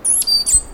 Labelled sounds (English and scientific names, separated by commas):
Stitchbird (Notiomystis cincta) song